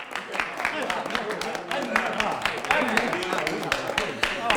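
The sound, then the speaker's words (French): An audience bursts into applause at the end of a concert and applauds steadily throughout, a dense, crackling wash of many hands clapping at even loudness, with a murmur of voices mixed in beneath the claps. “Le concert est fini, on éclate en applaudissements.”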